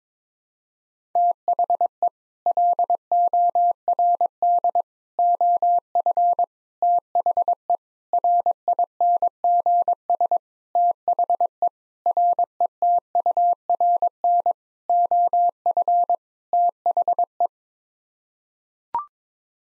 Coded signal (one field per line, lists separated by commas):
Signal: Morse code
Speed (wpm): 22 wpm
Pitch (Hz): 700 Hz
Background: none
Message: THE LORD OF THE RINGS THE RETURN OF THE